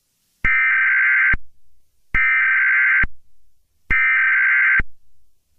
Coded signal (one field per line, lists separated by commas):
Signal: Emergency Alert System (SAME) tones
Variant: header bursts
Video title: (REUPLOAD) EAS Scenario #5A: 2022 Mega Disaster (Part 1)